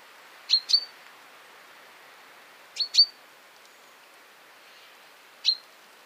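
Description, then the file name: Common chaffinch calling with short, sharp notes, mostly in pairs, every couple of seconds over a faint background hiss. "Fringilla coelebs"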